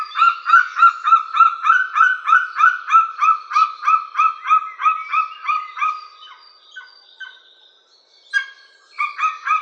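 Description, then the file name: White-tailed eagle call, a long run of rapid, even yelping notes that falters and fades after six seconds, then resumes with a few louder yelps. "bielik"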